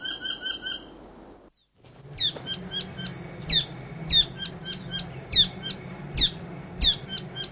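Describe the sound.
South Island saddleback: a brief chattering phrase, then a series of sharp, descending notes repeated roughly every two-thirds of a second with softer notes between.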